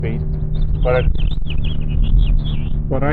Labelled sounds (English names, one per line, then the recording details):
House Finch song
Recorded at WGilgo Beach on Long Island, New York, on 22 May 1975
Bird F